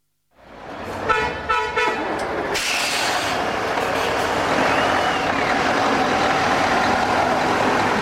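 Heavy trucks grind over a muddy track at the Astara border crossing in Azerbaijan, sinking into knee-deep puddles and rocking, with a steady, loud engine roar, preceded by a few short, pulsing horn toots in the first seconds, over a continuous wash of traffic noise.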